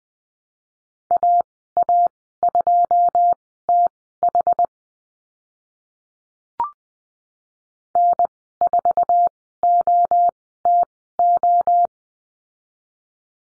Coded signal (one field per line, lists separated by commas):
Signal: Morse code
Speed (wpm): 20 wpm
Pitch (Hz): 700 Hz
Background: none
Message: AA2TH N4OTO